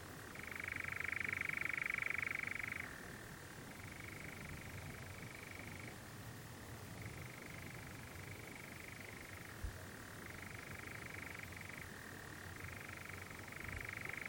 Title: Sound Escape 20: the mesmerising churring of a nightjar on a summer's night